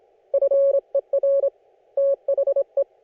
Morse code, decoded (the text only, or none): FER THE